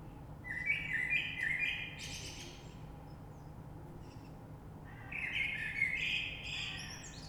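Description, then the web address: Common blackbird song: two mellow warbled phrases with high twittering ends, separated by a few seconds of quiet, over low background noise. Recorded 3 March 2020. "oiseaux Rush Merle 3-3-2020"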